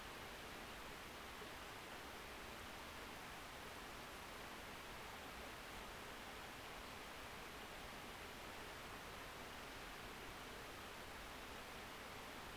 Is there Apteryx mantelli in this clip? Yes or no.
no